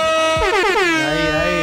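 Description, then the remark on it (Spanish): A loud, sustained air horn blast with rich stacked harmonics that bend and waver in pitch, holding steady for over a second with no voices underneath. “Dangua, un poquito de bocina para Ness”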